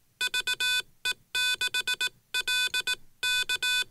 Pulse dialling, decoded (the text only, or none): none